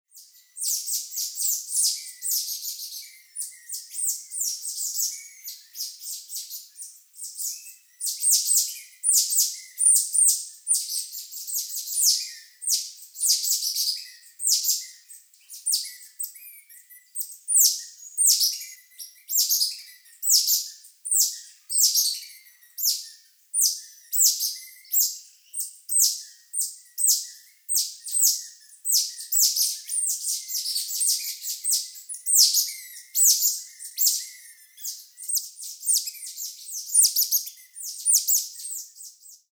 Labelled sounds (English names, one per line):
Cottontop Tamarin